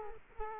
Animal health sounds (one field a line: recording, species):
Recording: mosquito wingbeat signal from an infrared sensor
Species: Culex quinquefasciatus